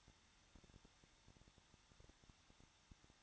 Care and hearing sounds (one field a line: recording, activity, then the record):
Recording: daily activity, microphone in the room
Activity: no activity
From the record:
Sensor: 3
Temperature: 21.2 degrees Celsius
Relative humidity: 36.4%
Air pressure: 1006.3 hPa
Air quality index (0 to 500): 223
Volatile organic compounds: 42 ppm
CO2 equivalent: 3184 ppm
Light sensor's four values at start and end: 2/3/2/2 and 2/3/2/2